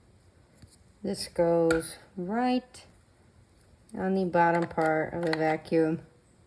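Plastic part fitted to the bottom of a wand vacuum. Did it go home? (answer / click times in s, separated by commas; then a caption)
no / none. A plastic part is handled next to the bottom section of a Shark cordless wand vacuum while someone talks, with a faint handling tap near 0.6 s. Nothing has seated or clicked yet; the clip ends before the part snaps into the base.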